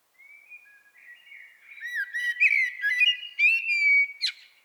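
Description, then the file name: Common blackbird singing, starting with soft, drawn-out whistles that swell into a mellow, fluty warble and finish with a sharp, squeaky flourish. "Turdus merula"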